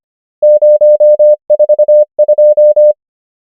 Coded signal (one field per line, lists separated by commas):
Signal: Morse code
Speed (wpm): 25 wpm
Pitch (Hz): 600 Hz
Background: none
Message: 0 4 2